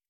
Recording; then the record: hydrophone in a shrimp aquaculture tank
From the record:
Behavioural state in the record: feeding